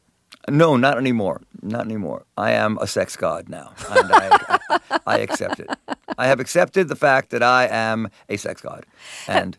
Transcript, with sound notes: No, not anymore, not anymore. I am a sex god now. And I...
(Laughter).
I accept it. I have accepted the fact that I am a sex God.